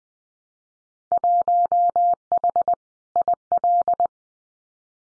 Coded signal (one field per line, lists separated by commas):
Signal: Morse code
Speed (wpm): 19 wpm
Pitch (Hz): 700 Hz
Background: none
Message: 1H IL